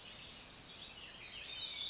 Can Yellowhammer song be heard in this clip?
no